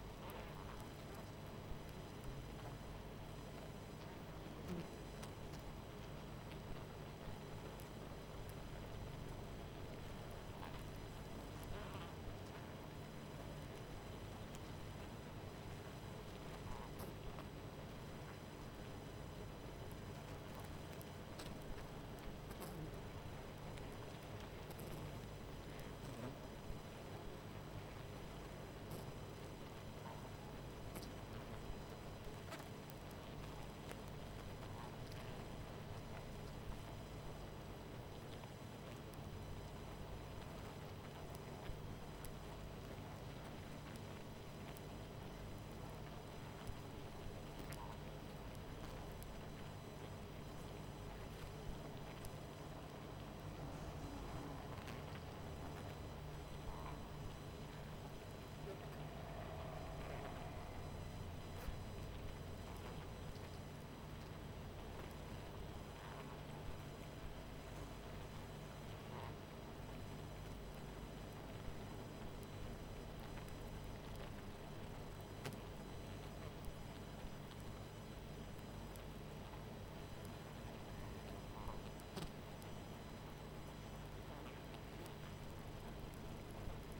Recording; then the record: honeybee colony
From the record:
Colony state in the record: missing queen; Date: 14 July 2017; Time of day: 21:11